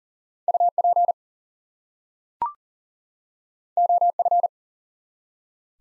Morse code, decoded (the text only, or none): UP OF